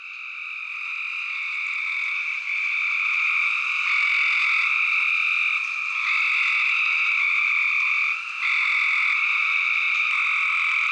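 Spring peeper chorus, a continuous shrill wall of overlapping high peeps, loud and steady with brief dips in intensity throughout.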